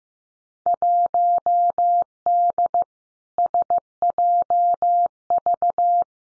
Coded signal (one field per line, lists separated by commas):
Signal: Morse code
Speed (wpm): 15 wpm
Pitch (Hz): 700 Hz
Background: none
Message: 1D SJV